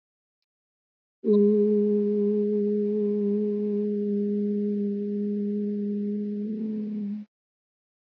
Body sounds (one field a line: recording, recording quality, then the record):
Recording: sustained vowel as in boot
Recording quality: excellent, no background noise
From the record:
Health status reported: healthy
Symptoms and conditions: none ticked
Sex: female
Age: 50 years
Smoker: not ticked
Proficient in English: yes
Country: India